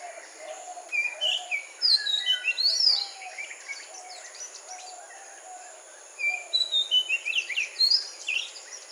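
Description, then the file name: Magpie-robin song: two bursts of bright varied whistles and rising slurs separated by a quieter gap. Sung in a morning chorus. "Magpie robin in morning chorous"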